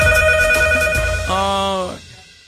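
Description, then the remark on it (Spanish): A telephone rings, sounding a sustained electronic tone followed by a shorter, brighter second burst, both fairly loud over a low background murmur before fading out. “Suena el teléfono.”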